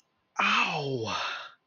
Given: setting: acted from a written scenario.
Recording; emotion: vocal sound without words; pain